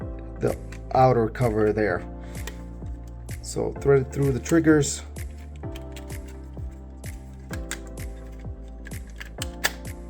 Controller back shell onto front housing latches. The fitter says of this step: like that. We hear a pop. Goes over the latches.